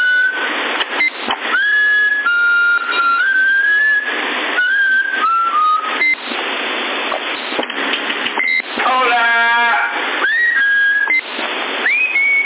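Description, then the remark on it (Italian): Several short, steady whistled tones and a few rising glides come through a hissy, narrowband CB radio channel in Sassari, June 2020, broken by bursts of static and a brief spoken word. “Avanti il fischio.”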